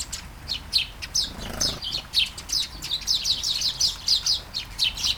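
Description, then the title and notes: Sparrows chirping in a lively run of short notes, with a brief rustle of wings near the middle. Flying sparrows in a garden at Taastrup, Denmark, early morning during a light shower; recorded on a Sony PCM-D100 with internal mics. "Kærengen 8, 2630 Taastrup, Denmark - Flying sparrows. Flying sparrows in the garden, early morning. Light shower. Vols de moineaux dans le jardin, au petit matin. Pluie fine"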